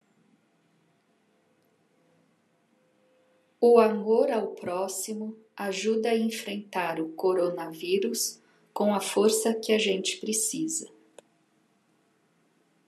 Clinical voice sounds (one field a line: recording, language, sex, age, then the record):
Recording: spoken sentence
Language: Brazilian Portuguese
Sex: female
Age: 50 to 59 years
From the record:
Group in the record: control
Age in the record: 59 years